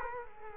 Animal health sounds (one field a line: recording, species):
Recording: mosquito wingbeat signal from an infrared sensor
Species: Culex quinquefasciatus